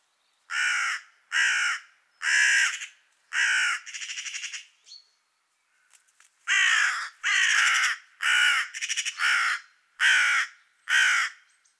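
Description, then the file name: Carrion crow giving harsh, hoarse caws in a steady series, about one per second, with a brief rattling call midway and a short pause before the caws resume. "Corvus corone"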